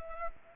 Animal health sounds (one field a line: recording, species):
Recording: mosquito wingbeat signal from an infrared sensor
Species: Anopheles gambiae